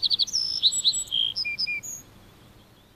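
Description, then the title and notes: Little Bunting song phrase: a quick run of high ticks, then short slurred whistles and a final high note, ending after two seconds. "Pikkusirkku. Viikon luontoäänen esitteli Juha Laaksonen"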